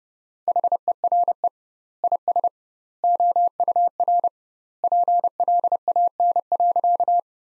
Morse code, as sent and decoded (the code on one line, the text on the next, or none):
.... . .-. . / .. ... / --- ..- .-. / .--. .-.. .- -. .-.-.-
HERE IS OUR PLAN.